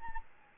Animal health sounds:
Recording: mosquito wingbeat signal from an infrared sensor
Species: Aedes albopictus

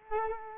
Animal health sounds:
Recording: mosquito wingbeat signal from an infrared sensor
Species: Culex quinquefasciatus

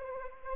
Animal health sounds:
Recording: mosquito wingbeat signal from an infrared sensor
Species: Anopheles arabiensis

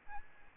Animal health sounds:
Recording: mosquito wingbeat signal from an infrared sensor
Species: Aedes albopictus

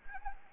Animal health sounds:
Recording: mosquito wingbeat signal from an infrared sensor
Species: Anopheles arabiensis

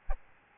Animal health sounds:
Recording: mosquito wingbeat signal from an infrared sensor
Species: Aedes albopictus

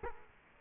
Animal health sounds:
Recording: mosquito wingbeat signal from an infrared sensor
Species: Culex quinquefasciatus

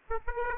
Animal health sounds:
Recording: mosquito wingbeat signal from an infrared sensor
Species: Aedes aegypti

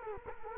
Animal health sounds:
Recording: mosquito wingbeat signal from an infrared sensor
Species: Culex quinquefasciatus

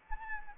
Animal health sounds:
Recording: mosquito wingbeat signal from an infrared sensor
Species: Anopheles arabiensis

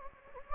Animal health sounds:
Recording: mosquito wingbeat signal from an infrared sensor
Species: Anopheles gambiae

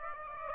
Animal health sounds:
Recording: mosquito wingbeat signal from an infrared sensor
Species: Aedes aegypti

